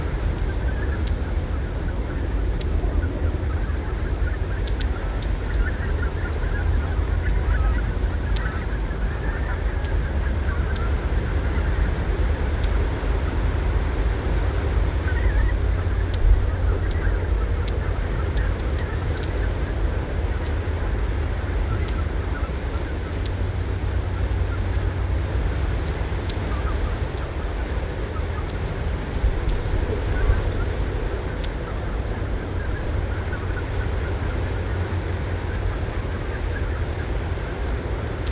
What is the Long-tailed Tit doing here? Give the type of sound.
call